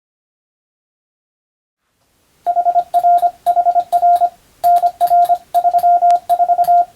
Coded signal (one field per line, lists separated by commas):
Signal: Morse code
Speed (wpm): 25 wpm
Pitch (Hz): 700 Hz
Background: none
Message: HRHR NR34